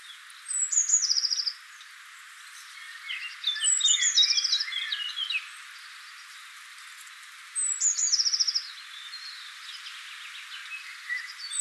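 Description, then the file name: Eurasian blue tit: sharp high notes sliding into fast buzzy trills, given three times, with softer chirps between. "Cyanistes caeruleus"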